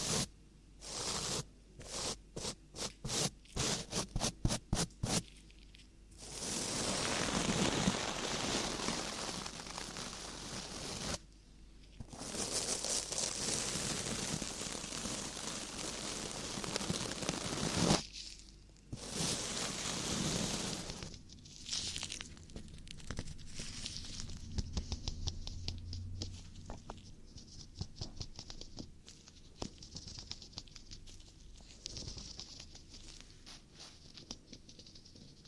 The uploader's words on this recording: ASMR Ear Cleaning For The Strongest Tingles [ NO TALKING ].